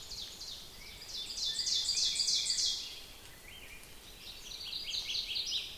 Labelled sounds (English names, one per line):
Ovenbird song